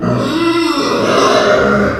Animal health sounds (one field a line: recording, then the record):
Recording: squeal of a Yucatan mini pig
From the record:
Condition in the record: after surgery on the right vocal fold (resection and tissue-engineered implant)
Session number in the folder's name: 12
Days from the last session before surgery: 105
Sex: female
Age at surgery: 19 weeks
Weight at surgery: 25 kg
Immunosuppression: prednisolone